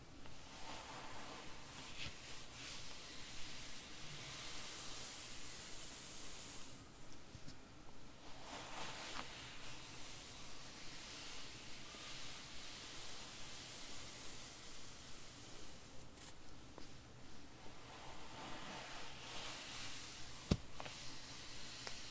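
Hair brushing for ASMR, a dense, bright swishing hiss that pulses in quick, fairly regular strokes throughout. The brushing briefly softens around seven and nine seconds, a low steady hum sits underneath, and a sharp click cuts through near twenty seconds.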